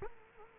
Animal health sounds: mosquito wingbeat signal from an infrared sensor; Culex quinquefasciatus

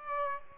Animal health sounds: mosquito wingbeat signal from an infrared sensor; Aedes aegypti

